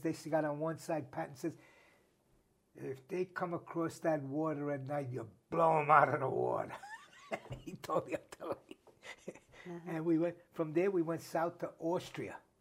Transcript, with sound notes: They got on one side, Patton says "If they come across that water at night, you blow 'em out of the water!" (Laughs) He told the artillery, and we went, from there we went South to Austria.